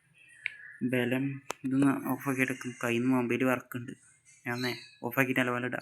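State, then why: Seated. A RAM module is pressed with a little force into a motherboard DIMM slot, and a sharp, fast-decaying click sounds at 0.5 s as it seats, with the two retaining clips coming up to show it is locked. Someone talks through the rest of the clip.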